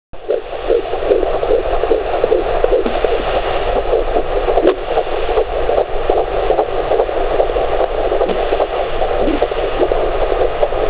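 A dense, whooshing, mid-pitched pulsing repeats at about 150 a minute, with soft low thuds under steady noise. It is a rapid heartbeat, muffled, with no clear separation of individual sounds.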